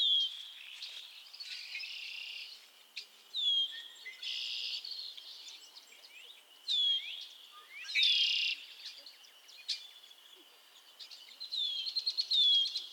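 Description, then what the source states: Frog chorus of short sliding whistled peeps, with loud buzzy trills breaking in every few seconds over a steady high background hum of callers. Chorus of frogs calling to one another on a summer evening at Miners Marsh, Annapolis Valley, Nova Scotia.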